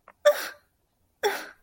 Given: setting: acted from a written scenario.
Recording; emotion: vocal sound without words; confusion